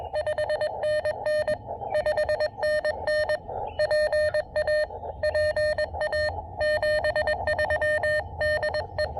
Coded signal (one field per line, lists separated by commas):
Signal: Morse code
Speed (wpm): 20 wpm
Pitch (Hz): 590 Hz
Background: none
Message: 5NN 5NN PA PA 73DE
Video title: QRP POTA: Beating the propagation blues at Stonelick State Park!